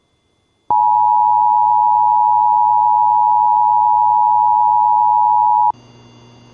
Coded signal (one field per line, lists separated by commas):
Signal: Emergency Alert System (SAME) tones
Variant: 853 and 960 Hz attention tone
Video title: EAS 2252: Montana Amber Alert